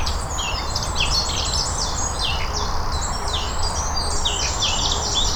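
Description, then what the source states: Birds singing in a dense chorus, short bright chirps and rapid twittering phrases tumbling over one another, with a constant low rumble underneath. Birdsong recorded on Cadbury Hill.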